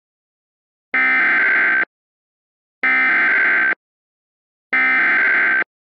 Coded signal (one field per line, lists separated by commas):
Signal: Emergency Alert System (SAME) tones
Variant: header bursts